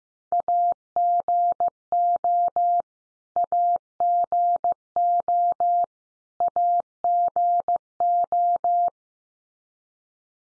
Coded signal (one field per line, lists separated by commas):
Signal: Morse code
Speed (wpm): 15 wpm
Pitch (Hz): 700 Hz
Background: none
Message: AGO AGO AGO